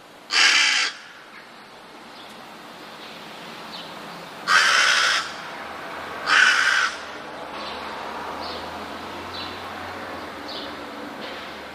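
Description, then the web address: Rook cawing: three rough, raucous caws, then quieter background with faint calls and a low hum. "wroblowe ptaki gawron"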